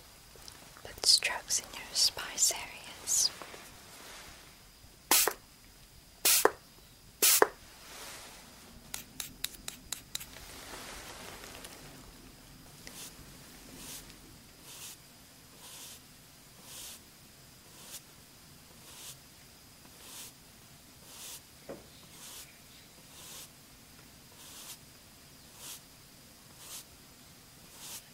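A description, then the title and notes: Makeup brushing and face-touch sounds, with sharp crisp taps and swishes crowding the first ten seconds, some loud and bright. After that the strokes settle into soft, evenly spaced brushes about once a second over a faint low hum. Slow & Tingly Makeup, Brushing, Face Touch.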